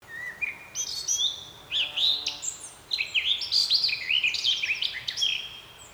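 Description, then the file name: Eurasian blackcap song: soft, scratchy opening notes that build into a loud, rich warble of fluty whistles and quick trills lasting several seconds. "Sylvia atricapilla"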